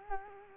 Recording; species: mosquito wingbeat signal from an infrared sensor; Culex quinquefasciatus